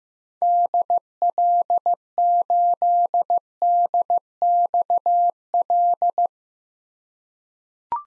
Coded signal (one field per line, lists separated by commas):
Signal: Morse code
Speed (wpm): 16 wpm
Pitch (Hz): 700 Hz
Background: none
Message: DL8DXL